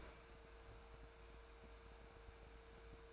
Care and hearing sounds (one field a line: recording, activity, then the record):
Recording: daily activity, microphone in the room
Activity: open fridge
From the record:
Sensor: 2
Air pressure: 1014.7 hPa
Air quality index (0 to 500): 191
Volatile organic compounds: 16 ppm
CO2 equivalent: 2528 ppm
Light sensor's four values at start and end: 13/32/13/14 and 13/32/13/14